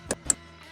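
A new headlight bulb for a 2008–2013 Nissan Rogue is pressed down into its electrical wiring plug, with the tab sides of bulb and plug matched. A first short snap is heard at 0.1 s, then a sharper, louder click at 0.3 s as the bulb seats fully in the plug and no longer comes out.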